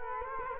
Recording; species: mosquito wingbeat signal from an infrared sensor; Culex quinquefasciatus